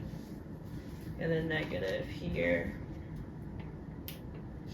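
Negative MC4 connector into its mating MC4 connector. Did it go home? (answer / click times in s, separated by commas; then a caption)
yes / 4.1 s. Someone talks as two negative MC4 solar connectors, plastic housings with metal contacts, are pushed together. A short, sharp click at 4.1 s marks the latch engaging, and the connector is seated.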